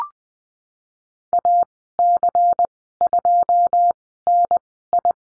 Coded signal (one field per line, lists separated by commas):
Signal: Morse code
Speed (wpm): 19 wpm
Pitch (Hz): 700 Hz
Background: none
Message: AC2NI